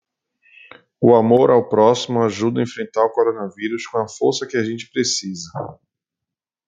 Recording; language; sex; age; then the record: spoken sentence; Brazilian Portuguese; male; 40 to 49 years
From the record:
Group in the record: control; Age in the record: 43 years